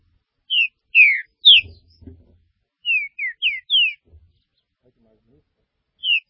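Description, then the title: Green-winged saltator delivering clear, descending whistled notes in two short phrases, with a few dull low thumps between them and a single whistle at the end. "Trinca Ferro"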